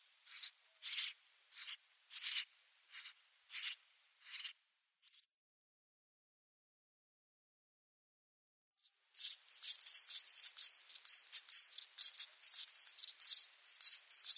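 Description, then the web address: House sparrow nestlings begging: a series of short, high, buzzy chirps, a pause, then a dense, overlapping chattering chorus of rapid squeaky calls. "Schulze Peter House Sparrow"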